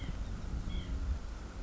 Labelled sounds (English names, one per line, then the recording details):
White-breasted Nuthatch
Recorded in Sonoma County, California